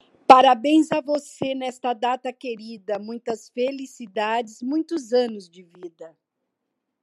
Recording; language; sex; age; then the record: short text; Brazilian Portuguese; female; 60 to 69 years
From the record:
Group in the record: control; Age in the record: 61 years